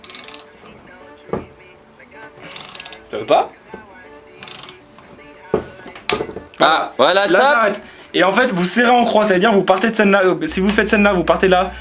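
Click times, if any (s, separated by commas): 6.1 s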